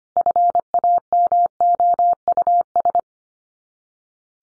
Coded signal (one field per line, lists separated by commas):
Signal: Morse code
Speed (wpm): 25 wpm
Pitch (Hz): 700 Hz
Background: none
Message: FAMOUS